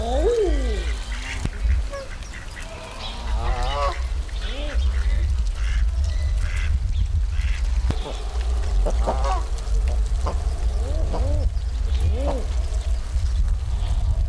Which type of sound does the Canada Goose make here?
call